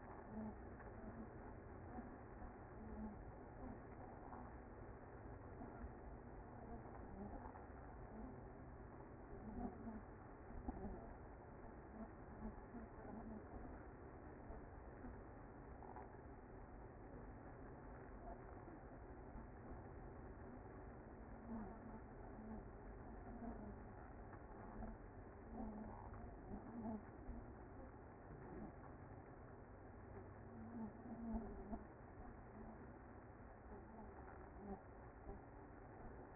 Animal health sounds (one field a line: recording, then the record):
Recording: honeybee colony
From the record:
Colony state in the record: active